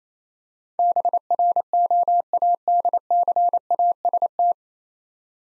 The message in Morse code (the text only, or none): BROADCAST